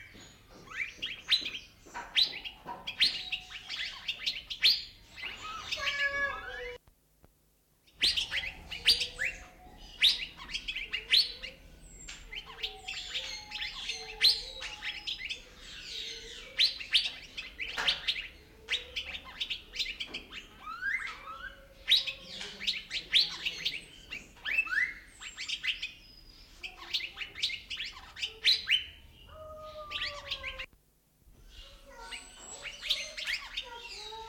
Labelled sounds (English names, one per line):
Asian Fairy-bluebird